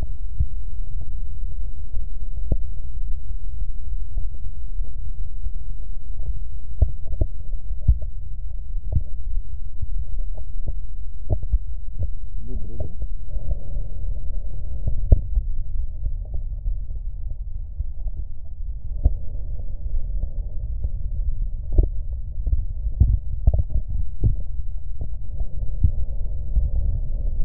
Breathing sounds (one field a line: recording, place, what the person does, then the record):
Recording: lung sounds by stethoscope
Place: right posterior basal chest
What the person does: quiet breathing, then deep breathing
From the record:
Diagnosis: none (healthy)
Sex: male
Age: 23 years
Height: 185 cm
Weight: 93 kg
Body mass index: 27.2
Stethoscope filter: extended mode